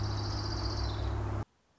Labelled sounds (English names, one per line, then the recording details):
Orange-crowned Warbler
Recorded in Sonoma County, California